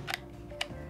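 A plastic Morakniv Pro Robust knife sheath is joined to a second sheath through its rear connector: the centre pin is pushed back, the sheath slides down, then rotates until it locks, since it holds only after the twist. Two sharp ticks sound as it turns, at 0.1 s and 0.6 s, over a low steady hum. The connector twists and locks, seated.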